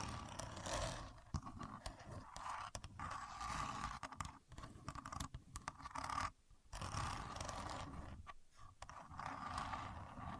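A contour gauge being used: a steady run of dense, rapid clicking and rattling as the pins slide, with a bright hiss over a low rumble. Brief pauses break it near the middle, at about six and eight seconds, before the scraping resumes.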